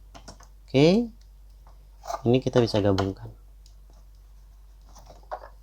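Someone talks while handling two plastic parts of a 2002 Happy Meal Ben Treasure Planet fast-food premium toy, which are meant to be pushed together, with quite a hard push, to form a telescope. Only faint handling ticks are heard around the speech, and nothing has seated or clicked yet.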